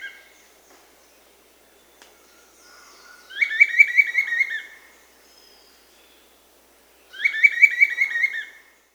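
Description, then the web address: Bright-rumped Attila song: two bursts of rapid, buzzy-edged whistled notes, each lasting about one and a half seconds and separated by a few seconds of quiet. South America. "Natures Songs S America Bright-rumped Attila"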